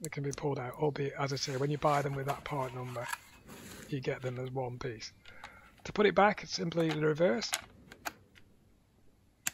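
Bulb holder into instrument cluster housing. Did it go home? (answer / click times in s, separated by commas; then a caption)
yes / 9.5 s. Someone talks while a bulb holder is refitted into the back of a Jaguar XK8/XKR (X100) instrument cluster housing, with a few faint ticks near 7.9–8.4 s. The holder is turned clockwise and clicks into position at 9.5 s, seating in place.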